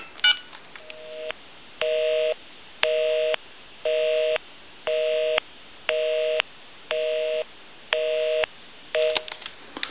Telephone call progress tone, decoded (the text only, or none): busy tone